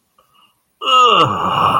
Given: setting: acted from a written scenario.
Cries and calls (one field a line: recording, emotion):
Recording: vocal sound without words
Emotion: ecstasy